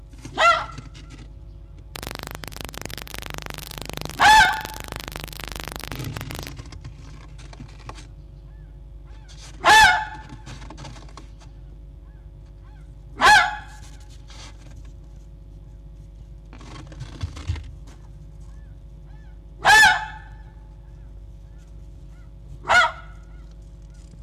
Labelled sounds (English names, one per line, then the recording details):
Red Fox
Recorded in captivity
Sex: group
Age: adult
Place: Zoologisches Institut der HUB, Berlin, DE
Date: 1956-02-22 10:25
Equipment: Elmetra
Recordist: Tembrock, Günter
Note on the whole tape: Jupp: offenes Bellen, "Ranzschrei" oder "Drohbellschrei"; Fiffi: Knurren und Keckern gegen Jau; Jupp: Bellen in 20, dort Bellen noch zu hören; Fritz: Knätschen; Jau: Muffen ohne Fleisch zu Fiffi; Fiffi: offenes und geschlossenes Knurren; Jupp (nach draußen kommend): Bellen (LBo). Achtung Kopiereffekte